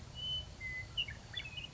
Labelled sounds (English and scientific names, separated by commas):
Western Meadowlark (Sturnella neglecta)